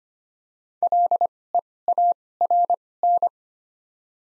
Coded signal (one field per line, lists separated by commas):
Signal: Morse code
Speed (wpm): 25 wpm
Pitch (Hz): 700 Hz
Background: none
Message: LEARN